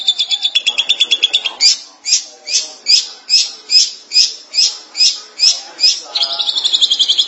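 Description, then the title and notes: Long-tailed Shrike: a quick trill gives way to harsh, rasping notes repeated about twice a second, then returns to a rapid, buzzy trill. Recorded March 2017. "Suara burung pentet"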